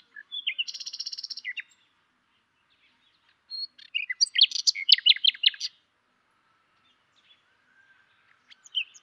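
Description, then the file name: Common nightingale singing a buzzy rattling phrase, a pause, then a varied burst of chattering notes and a soft whistle; quiet background otherwise. "Luscinia megarhynchos"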